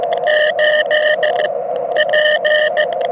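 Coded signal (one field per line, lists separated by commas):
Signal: Morse code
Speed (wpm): 18 wpm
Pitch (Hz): 610 Hz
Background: radio noise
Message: 8 P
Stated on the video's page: Beginner's relaxed 10 MHz CW contacts, exchanging QTH and name, using an inverted-V dipole from a riverbank portable station.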